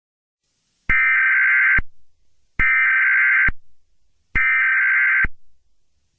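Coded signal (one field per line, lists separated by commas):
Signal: Emergency Alert System (SAME) tones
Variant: header bursts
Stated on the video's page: Fictional EAS scenario.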